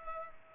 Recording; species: mosquito wingbeat signal from an infrared sensor; Culex pipiens